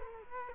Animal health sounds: mosquito wingbeat signal from an infrared sensor; Culex quinquefasciatus

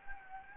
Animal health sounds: mosquito wingbeat signal from an infrared sensor; Anopheles gambiae

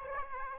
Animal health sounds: mosquito wingbeat signal from an infrared sensor; Aedes aegypti

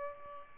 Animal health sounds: mosquito wingbeat signal from an infrared sensor; Aedes albopictus

